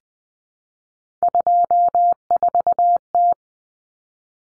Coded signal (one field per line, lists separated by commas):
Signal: Morse code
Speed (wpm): 20 wpm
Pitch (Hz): 700 Hz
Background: none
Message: 24T